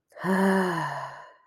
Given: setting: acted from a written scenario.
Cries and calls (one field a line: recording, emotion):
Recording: vocal sound without words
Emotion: contentment